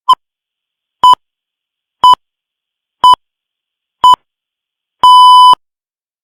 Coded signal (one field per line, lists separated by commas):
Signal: radio time signal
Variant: time pips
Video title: The Pips Sound Effect